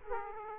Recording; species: mosquito wingbeat signal from an infrared sensor; Aedes aegypti